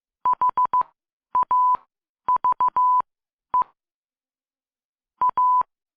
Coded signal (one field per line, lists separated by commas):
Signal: Morse code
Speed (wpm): 15 wpm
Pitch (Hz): 1000 Hz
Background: none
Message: HAVE A